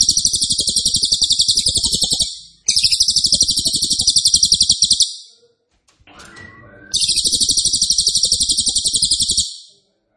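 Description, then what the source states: Cililin song: long, dense, high buzzy trills delivered in rapid-fire pulses about four per second, in three bursts separated by short pauses, with a brief rustle between. Loud, dense, rapid-fire song ('nembak keras dan rapat') used as a favourite training recording (masteran) for oriental magpie-robin, leafbird and white-rumped shama.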